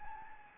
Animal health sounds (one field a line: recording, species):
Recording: mosquito wingbeat signal from an infrared sensor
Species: Anopheles gambiae